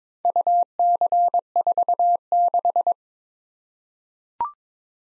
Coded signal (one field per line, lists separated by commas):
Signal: Morse code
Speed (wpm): 22 wpm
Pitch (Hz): 700 Hz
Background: none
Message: UC46